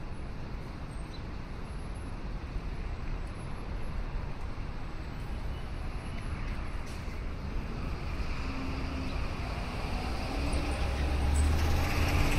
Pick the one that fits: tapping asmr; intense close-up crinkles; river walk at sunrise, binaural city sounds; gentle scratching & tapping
river walk at sunrise, binaural city sounds